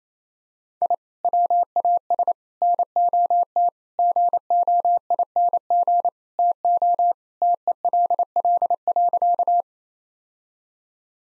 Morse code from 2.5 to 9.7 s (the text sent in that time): NOT GOING TO TELL.